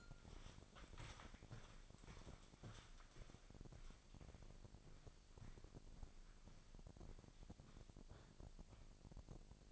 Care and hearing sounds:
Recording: daily activity, microphone in the room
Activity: walk to room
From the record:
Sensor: 5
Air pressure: 999.6 hPa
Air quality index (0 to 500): 217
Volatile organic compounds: 19 ppm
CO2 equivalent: 2657 ppm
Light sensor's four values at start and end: 33/76/31/29 and 35/81/32/31

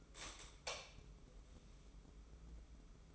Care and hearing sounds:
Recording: daily activity, microphone in the room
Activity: light on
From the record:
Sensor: 1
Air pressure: 995.4 hPa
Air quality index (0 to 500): 26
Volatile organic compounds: 1 ppm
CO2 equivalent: 512 ppm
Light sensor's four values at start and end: 11/26/10/11 and 14/42/16/17

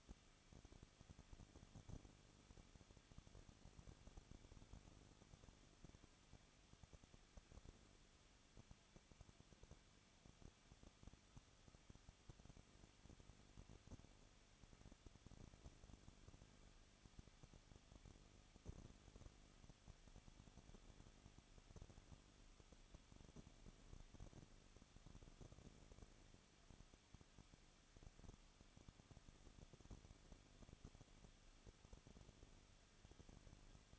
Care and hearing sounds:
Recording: daily activity, microphone in the room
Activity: no activity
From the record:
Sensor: 4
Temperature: 23.0 degrees Celsius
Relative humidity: 34.1%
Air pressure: 1007.3 hPa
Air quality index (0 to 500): 214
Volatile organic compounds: 14 ppm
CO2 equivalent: 2469 ppm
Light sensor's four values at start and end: 2/3/1/1 and 2/3/1/1

